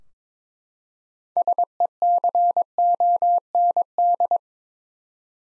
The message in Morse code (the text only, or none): SECOND